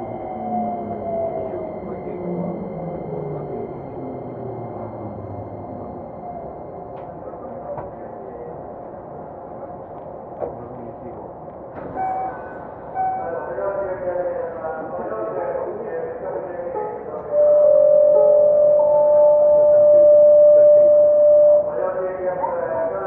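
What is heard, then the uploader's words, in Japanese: A commuter train ride heard from inside, with a low rumble under shifting motor tones that slide up and down in pitch as the train changes speed. From about seventeen to twenty-two seconds a loud, steady tone rings out above the rolling noise. 京急2100形 横浜〜三崎口。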